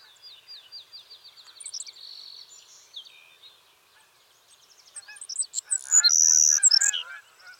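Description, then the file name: Savannah sparrow: a rapid dry trill early on, then thin high chips leading into a loud, sizzling buzz near the end, with lower calls from other birds underneath. "Passerculus sandwichensis - Savannah Sparrow"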